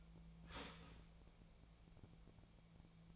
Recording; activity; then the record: daily activity, microphone in the room; start toaster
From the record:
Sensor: 1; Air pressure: 1000.3 hPa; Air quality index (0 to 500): 156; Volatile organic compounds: 3 ppm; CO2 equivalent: 1459 ppm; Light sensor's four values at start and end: 30/74/31/37 and 30/74/31/37